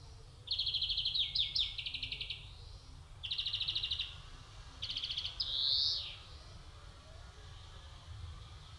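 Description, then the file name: European greenfinch delivering a tumbling trill, two short rattles and a final rising wheeze, then falling silent, with faint low background hum. "Chloris chloris"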